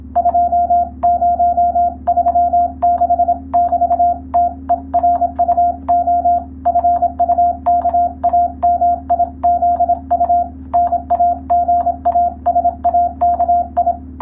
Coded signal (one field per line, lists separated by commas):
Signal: Morse code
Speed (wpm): 26 wpm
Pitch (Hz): 700 Hz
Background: none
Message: 2036<BT>TERUO FUKAMIZU NAGASAKI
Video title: モールス通信の国家資格「無線通信士」があります。モールスを送信、受信する実技試験が今でもあります。その練習風景です。YouTubeの再生速度を設定して聞こう！ morse code practice